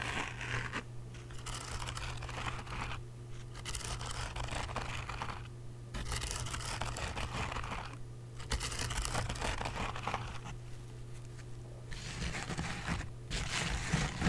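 A handheld game console case is handled, giving a near-continuous run of crinkling, scraping and rustling with brief quiet gaps around two, six and eight seconds. A steady low hum sits underneath throughout.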